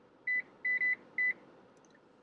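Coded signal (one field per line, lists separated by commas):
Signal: none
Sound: car seat chime beeps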